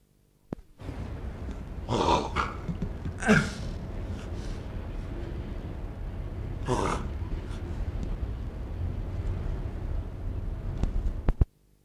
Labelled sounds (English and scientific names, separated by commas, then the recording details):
Snow Leopard (Uncia uncia) defence call
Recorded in captivity
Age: adult
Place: Zoo Dresden, Sachsen, DE
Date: 1960-07-18 19:30
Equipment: Reporter, Vollspur
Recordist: Tembrock, Günter
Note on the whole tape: Am Gitter liegend, Abwehrlaute gegen Beobachter. Abstand 1 m